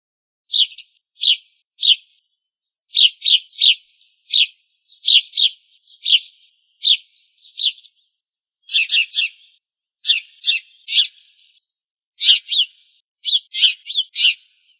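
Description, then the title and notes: Bird giving short, high chirped notes, singly and in small groups, repeated irregularly throughout, with no other sounds. Bird songs from Indonesia. "Kicau Burung Indonesia"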